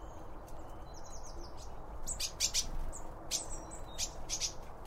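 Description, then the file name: Birds chirping with a quick run of sharp, high-pitched chips and short whistled notes, some in close pairs, over a low background hum. Birds around a bird feeder, recorded with two Line Audio OM 1 microphones. "Birds Around Birdfeeding With Two Om 1 From Line Audio"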